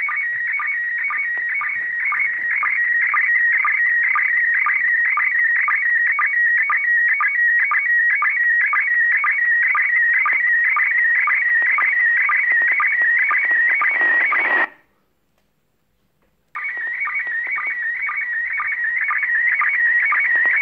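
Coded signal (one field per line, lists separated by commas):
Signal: SSTV (slow-scan television)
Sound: warbling, chirping tone with regular short low clicks about twice a second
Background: brief dropout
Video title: ISS SSTV decode Part1! 30° elev.! 1/12/2021! 18:44MEZ (17:44UTC)!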